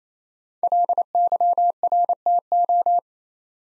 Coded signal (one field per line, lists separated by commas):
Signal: Morse code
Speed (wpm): 28 wpm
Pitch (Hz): 700 Hz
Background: none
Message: LYRTO